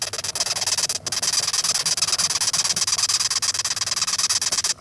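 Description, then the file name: Velvet ant squeaking, fast, rasping, high-pitched pulses continuing steadily. "velvet red ant"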